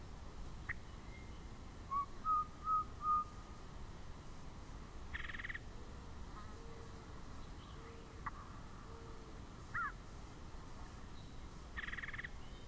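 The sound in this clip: Yellow-breasted chat song: four short level whistles in a quick row, then pauses broken by a buzzy burst, single sharp notes and a final buzzy burst over steady low background hiss.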